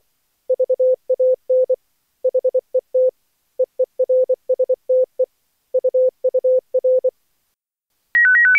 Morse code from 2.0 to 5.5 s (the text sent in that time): HET EERSTE